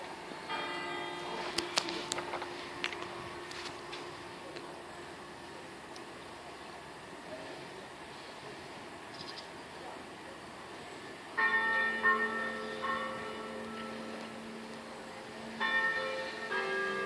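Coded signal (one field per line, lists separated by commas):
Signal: clock strike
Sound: street noise, then two ringing church bell strikes about four seconds apart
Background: street traffic noise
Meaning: Strikes the hour, 9 o'clock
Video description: h. 09:00: segnale orario sulla mezzana Re3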